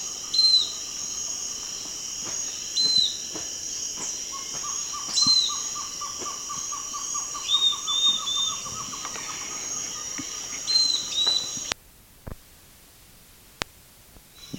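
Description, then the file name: Bird calls: short clear whistled notes every two to three seconds, with a quick series of low ticking pulses and a steady high hum; sound cuts off abruptly near the end. "SABIOD 50 bird 2015"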